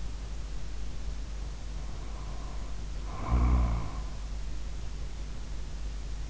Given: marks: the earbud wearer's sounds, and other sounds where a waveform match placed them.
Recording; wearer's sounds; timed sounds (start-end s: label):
sounds in sleep by an in-ear microphone; snoring breath
1.51-4.39 s: snoring breath